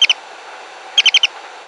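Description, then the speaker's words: Bat communication call, slowed down: a pair of short chirps, then a pause and a rapid run of four similar chirps. Bat social communication call, slowed down into the range of human hearing. "but they're social animals and they communicate using calls like this one, which has been slowed down so it's within the range of human hearing."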